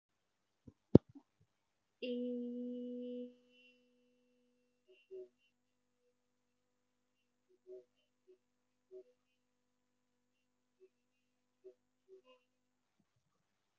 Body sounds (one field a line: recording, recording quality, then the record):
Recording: sustained vowel as in made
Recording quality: excellent, no background noise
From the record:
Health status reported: healthy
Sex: female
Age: 27 years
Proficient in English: yes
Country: India